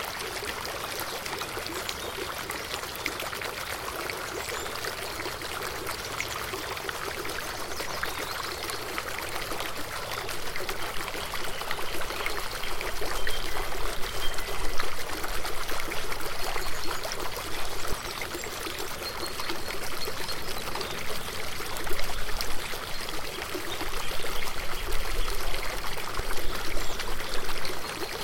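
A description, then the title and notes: A fountain splashes and pours continuously, a dense, bright rush of falling water with a fine trickling texture. The flow stays steady, swelling a little louder after about twelve seconds and again near the end, with little low rumble beneath. The water sounds.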